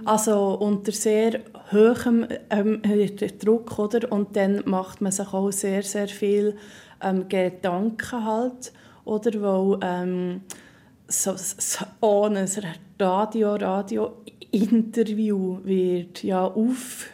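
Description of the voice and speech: A woman speaks German with frequent hesitations. Sounds are stretched, like a held 'm' and 's', and words and syllables repeat ('so, so', 'Radio, Radio') between pauses: stuttering with prolongations and repetitions, a disruption of speech flow. She has stuttered since second grade, and it worsens under pressure, such as a recorded radio interview.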